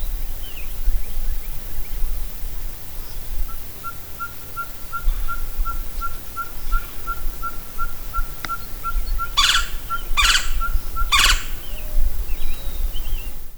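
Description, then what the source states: Ferruginous pygmy owl giving a long, steady series of about two dozen mellow, evenly spaced hoots, roughly three per second, over low rumbling background noise with a few loud crackling bursts. Recorded in Texas on 5 June 2015.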